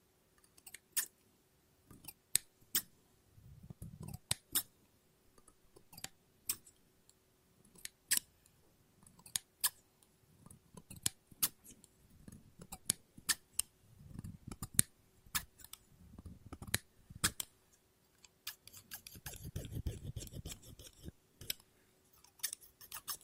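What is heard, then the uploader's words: Scissors snip and cut through paper, with sharp, crisp clicks arriving irregularly throughout, sometimes in quick bunches. Between the snips come soft, low rustling sweeps of paper, heaviest around four, fourteen and twenty seconds. A faint steady hum sits underneath. ASMR Scissors No Talking Snips and Cutting Paper.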